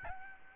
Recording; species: mosquito wingbeat signal from an infrared sensor; Aedes albopictus